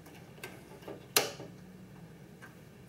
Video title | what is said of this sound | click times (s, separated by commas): How to build your own computer (in details) part 9 of 11 | And again, this will snap into place. | 1.2 s